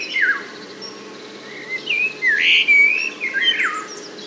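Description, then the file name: Eurasian golden oriole giving loud, mellow whistled song notes that swoop up and down in quick succession. "loriot"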